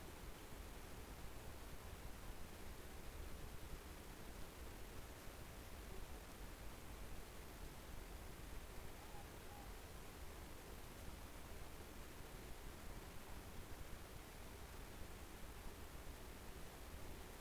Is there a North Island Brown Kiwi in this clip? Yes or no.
no